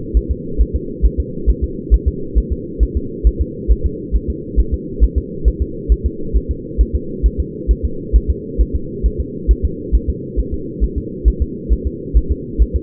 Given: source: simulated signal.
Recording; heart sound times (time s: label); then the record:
fetal heart sounds
0.17 s: S1
0.31 s: S2
0.61 s: S1
0.76 s: S2
1.05 s: S1
1.20 s: S2
1.50 s: S1
1.64 s: S2
1.94 s: S1
2.08 s: S2
2.38 s: S1
2.53 s: S2
2.83 s: S1
2.97 s: S2
3.27 s: S1
3.41 s: S2
3.71 s: S1
3.86 s: S2
4.16 s: S1
4.30 s: S2
4.60 s: S1
4.74 s: S2
5.04 s: S1
5.18 s: S2
5.48 s: S1
5.62 s: S2
5.92 s: S1
6.06 s: S2
6.37 s: S1
6.51 s: S2
6.81 s: S1
6.95 s: S2
7.26 s: S1
7.40 s: S2
7.71 s: S1
7.85 s: S2
8.16 s: S1
8.30 s: S2
8.61 s: S1
8.76 s: S2
9.06 s: S1
9.20 s: S2
9.51 s: S1
9.65 s: S2
9.95 s: S1
10.09 s: S2
10.39 s: S1
10.54 s: S2
10.84 s: S1
10.98 s: S2
11.28 s: S1
11.42 s: S2
11.73 s: S1
11.87 s: S2
12.17 s: S1
12.32 s: S2
12.62 s: S1
12.76 s: S2
From the record:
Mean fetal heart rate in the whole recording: 135 bpm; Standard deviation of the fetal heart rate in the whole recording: 3 bpm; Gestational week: 34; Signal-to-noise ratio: -4.3 dB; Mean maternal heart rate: 72 bpm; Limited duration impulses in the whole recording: absent